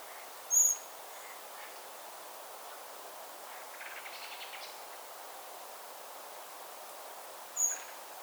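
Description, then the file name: Common blackbird uttering two brief, very high, thin notes several seconds apart against a steady hiss. "Turdus merula"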